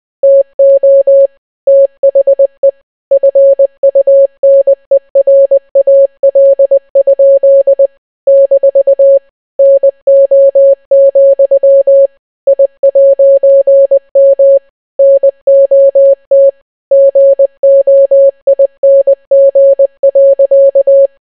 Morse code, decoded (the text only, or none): TO THE FUNERAL? - NO, I'M NOT GOING.